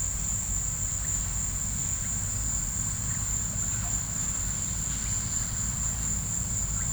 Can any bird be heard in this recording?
no